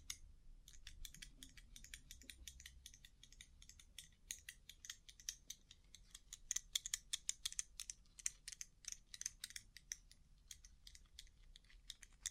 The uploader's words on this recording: ASMR Rhinestone Covered Tapping 3Dio (No Talking).